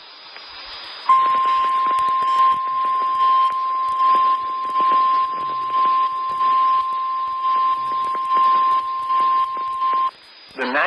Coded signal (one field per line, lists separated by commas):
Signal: Emergency Alert System (SAME) tones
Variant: 1050 Hz attention tone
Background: speech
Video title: LOT issues SVR for Lake, Indiana (EAS #237)